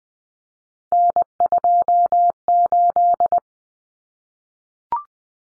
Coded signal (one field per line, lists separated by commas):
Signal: Morse code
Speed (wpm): 20 wpm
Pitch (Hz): 700 Hz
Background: none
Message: N28